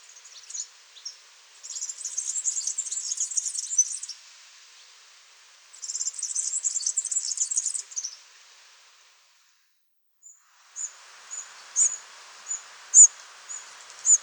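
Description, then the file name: Firecrest song: two very high, thin, fast buzzy-trilled phrases lasting about two seconds each, followed by scattered sharp high call notes over a soft hiss. "brandkronad"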